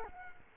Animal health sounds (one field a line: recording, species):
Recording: mosquito wingbeat signal from an infrared sensor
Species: Culex quinquefasciatus